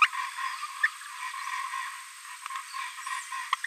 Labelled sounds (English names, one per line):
Green-rumped Parrotlet babbling